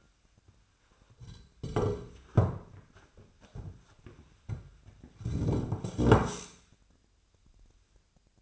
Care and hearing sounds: daily activity, microphone in the room; sit down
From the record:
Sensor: 2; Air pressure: 1007.8 hPa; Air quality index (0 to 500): 179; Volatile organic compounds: 10 ppm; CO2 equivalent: 2203 ppm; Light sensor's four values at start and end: 10/23/10/10 and 10/23/10/10

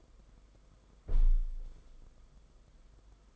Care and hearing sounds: daily activity, microphone in the room; close window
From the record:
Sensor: 5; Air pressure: 990.5 hPa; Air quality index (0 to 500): 163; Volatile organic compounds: 289 ppm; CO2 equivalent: 4456 ppm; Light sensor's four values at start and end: 17/41/17/18 and 17/41/17/18

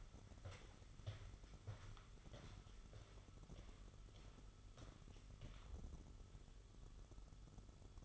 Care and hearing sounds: daily activity, microphone in the room; walk to room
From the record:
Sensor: 4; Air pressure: 1009.0 hPa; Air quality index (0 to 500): 137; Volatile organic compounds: 2 ppm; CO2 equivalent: 996 ppm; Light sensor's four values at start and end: 14/32/13/12 and 15/34/13/13

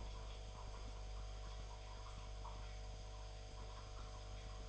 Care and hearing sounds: daily activity, microphone in the room; make coffee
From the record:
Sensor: 5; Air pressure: 1009.5 hPa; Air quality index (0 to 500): 168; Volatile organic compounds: 4 ppm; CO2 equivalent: 1629 ppm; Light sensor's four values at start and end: 93/246/100/106 and 93/246/100/106

